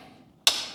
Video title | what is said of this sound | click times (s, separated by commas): Fletcher Makes his Maytag Dishwasher quiet! (MDB9959SKZ) | and they snap right in. You can tell because the little | 0.5 s